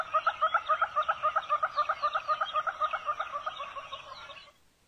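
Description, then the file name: Monteiro's hornbill giving a fast, regular series of hollow clucking notes, about four per second, steady then fading away toward the end. "Canto do calaus de monteiros"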